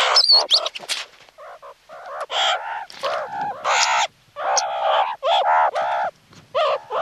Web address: meerkat